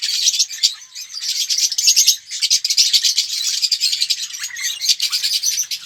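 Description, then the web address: Red-rumped parrot song: steady stream of high, buzzy twittering and chirps, barely pausing across the whole stretch. "pevcii popugai. parrots psephotus-haematonotus"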